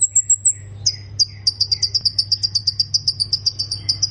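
Plain prinia song: thin high whistles, then a fast series of sharp, high-pitched ticking notes over a steady low hum.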